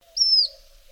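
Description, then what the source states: Black phoebe giving a single sharp, high whistled note that holds level and then drops slightly at its end, with faint low hum behind. Recorded November 2012.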